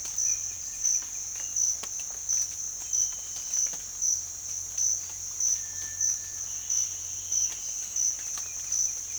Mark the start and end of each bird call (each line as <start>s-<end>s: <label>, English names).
0.00s-0.91s: Cinereous Tinamou
0.00s-1.89s: Black-striped Sparrow
5.50s-6.38s: Cinereous Tinamou